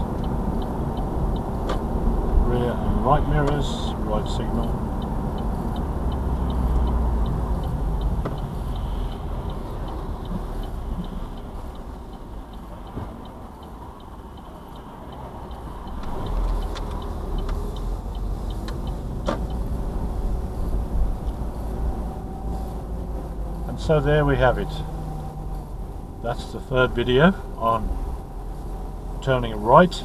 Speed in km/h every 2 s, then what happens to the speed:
29, 31, 29, 23, 15, 6, 3, 2, 3, 10, 11, 11, 10, 8, 6.
4-13 slows to 2. 13-15 standing. 15-19 pulls away to 11.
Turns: none.